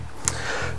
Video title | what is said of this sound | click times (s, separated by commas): ASG Ashbury ASW338LM Airsoft Sniper Rifle Shooting Test - EpicAirsoftHD | and it locks into place. | 0.3 s